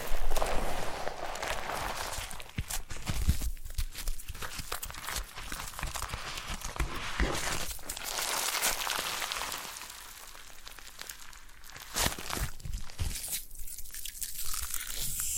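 Foam being squeezed and rubbed makes a dense, crackly hiss with constant tiny pops and squeaks, bright and busy throughout. The rubbing runs fairly steadily, eases into a softer stretch around ten to twelve seconds, then picks up again with sharper crinkling.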